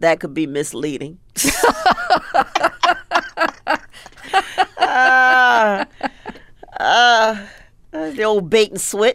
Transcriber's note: laughter